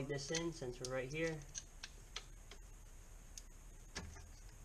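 Someone talks while a plastic wiring connector is handled at the sensor plug on a 130 amp alternator on a Mustang GT, with faint ticks of handling around 1.8, 2.2, 3.4 and 4.0 seconds. The connector has not snapped in or seated yet by the end of the clip.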